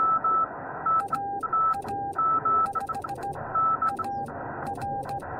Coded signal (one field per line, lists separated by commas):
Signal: Morse code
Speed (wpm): 16 wpm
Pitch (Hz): 800 Hz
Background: none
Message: A A 5 A R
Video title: Morse Code Activation: RAW VIDEO - from K-0060 Saguaro National Park